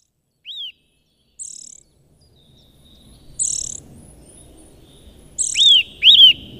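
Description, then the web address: Eurasian nuthatch calls: clear, whistled, arching notes mixed with high, harsh chirps, ending in a quick pair of loud whistles. "agykontroll Madardalok Cd 1. Csuszka"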